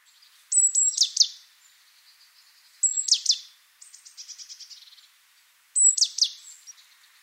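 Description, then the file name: Great tit calls: three phrases of a thin high whistle running into harsh down-slurred notes, plus a fast dry rattling series of buzzy notes between them. "Parus major"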